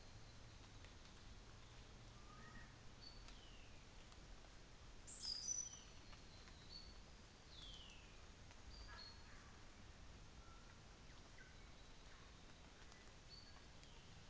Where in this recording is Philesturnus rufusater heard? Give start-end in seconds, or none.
none